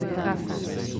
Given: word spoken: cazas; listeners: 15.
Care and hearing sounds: one Spanish word in noise, from a listening test; eight-talker babble; -3.3 dB; 0 of 15; 6 of 15; 0.60 s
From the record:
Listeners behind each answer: 6, 1, 1, 1, 1, 1, 1, 1, 1, 1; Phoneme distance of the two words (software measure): 20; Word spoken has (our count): 2 syllables, 5 phonemes, stress on syllable 1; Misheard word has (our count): 2 syllables, 5 phonemes, stress on syllable 1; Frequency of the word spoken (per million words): 1.31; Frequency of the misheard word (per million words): 14.31

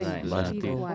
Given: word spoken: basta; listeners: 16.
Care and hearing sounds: one Spanish word in noise, from a listening test; four-talker babble; -2.7 dB; 0 of 16; 7 of 16; 0.55 s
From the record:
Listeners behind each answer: 7, 2, 1, 1, 1, 1, 1, 1, 1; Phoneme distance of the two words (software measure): 37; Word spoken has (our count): 2 syllables, 5 phonemes, stress on syllable 1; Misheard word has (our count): 2 syllables, 6 phonemes, stress on syllable 2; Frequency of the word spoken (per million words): 45.73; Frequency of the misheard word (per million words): 244.35

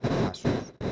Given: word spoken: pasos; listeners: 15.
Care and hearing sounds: one Spanish word in noise, from a listening test; noise modulated by one talker; -12.7 dB; 6 of 15; 8 of 15; 0.52 s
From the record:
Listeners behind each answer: 8, 6, 1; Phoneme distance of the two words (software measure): 10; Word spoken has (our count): 2 syllables, 5 phonemes, stress on syllable 1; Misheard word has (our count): 2 syllables, 5 phonemes, stress on syllable 1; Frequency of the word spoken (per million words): 72.16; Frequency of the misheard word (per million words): 17.64

